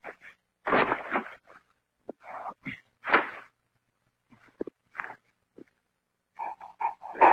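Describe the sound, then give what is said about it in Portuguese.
An injured, dirty, underfed dog that needs stitches yelps and barks in a string of sharp, uneven bursts, then breaks into a run of short, high-pitched whimpers that rise in loudness toward the end. “Qual é o nome do cachorro? É, o nome dele é Hulk”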